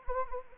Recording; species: mosquito wingbeat signal from an infrared sensor; Anopheles arabiensis